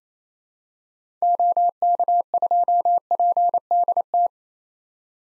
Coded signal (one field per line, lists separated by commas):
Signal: Morse code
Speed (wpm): 28 wpm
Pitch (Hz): 700 Hz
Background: none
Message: OK2PDT